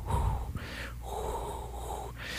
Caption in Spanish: Normalmente nosotros tenemos un murmullo vesicular, así se le llama, al sonido donde usted con el estetoscopio escucha ese sonido de...